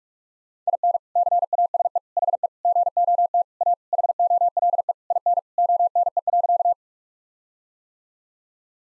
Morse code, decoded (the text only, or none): IN CASE HE GOT A HOLE IN ONE.